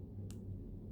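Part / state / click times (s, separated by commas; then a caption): locking stitch marker clasp into its catch / seated / 0.3 s. A locking stitch marker shaped like a safety pin is closed, and its small metal clasp snaps into the catch with a faint, brief click at 0.3 s, heard over a steady low rumble. The marker is locked in place.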